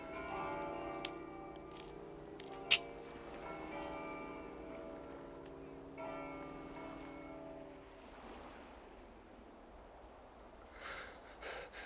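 Church bells ring out in long, overlapping resonant tones with rich harmonics, several strikes layering before fading around eight seconds, leaving a soft wash of wind or surf.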